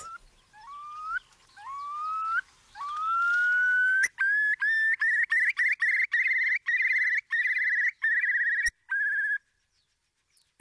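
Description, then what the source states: Eurasian curlew calls, several rising whistles followed by a fast bubbling series of repeated fluty notes, then quiet. Recorded about two years ago at the spot where a meadow pipit was being recorded; described as the finest curlew recording ever made.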